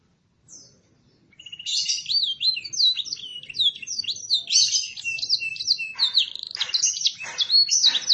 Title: Cengkok Kenari Mewah. kenari CENGKOK MEWAH suara jernih